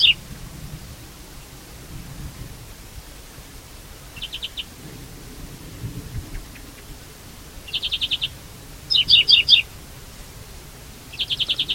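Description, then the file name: European greenfinch calls, with scattered short trilled bursts becoming more frequent, including a quick double-noted rattle toward the end. "Chloris chloris"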